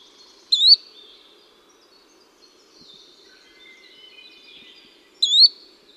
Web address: Yellow-bellied Flycatcher